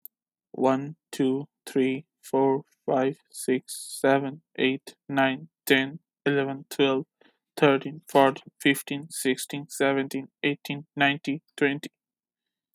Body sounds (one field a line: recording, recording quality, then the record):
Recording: counting at a normal pace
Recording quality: excellent, no background noise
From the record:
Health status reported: healthy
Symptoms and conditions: none ticked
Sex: male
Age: 28 years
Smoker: not ticked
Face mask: not worn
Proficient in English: yes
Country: United States